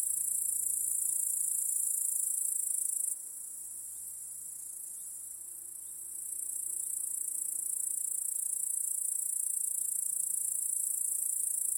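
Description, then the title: Crickets in a constant high ringing chorus, dropping in loudness for a few seconds before returning strongly. Cricket chorus in a home backyard at night. "Crickets in Your Backyard 🏡. Discovering the Sounds of Home"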